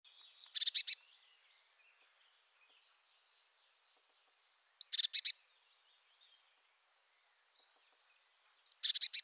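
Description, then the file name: Eurasian blue tit call: short bursts of rapid scolding chatter repeated roughly every four seconds, with faint high whistled notes drifting between them. "Cyanistes caeruleus"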